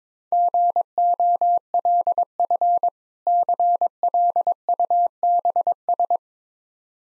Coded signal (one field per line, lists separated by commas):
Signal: Morse code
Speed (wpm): 22 wpm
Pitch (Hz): 700 Hz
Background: none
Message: GOLF CLUBS